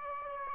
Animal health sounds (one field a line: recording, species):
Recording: mosquito wingbeat signal from an infrared sensor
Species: Aedes aegypti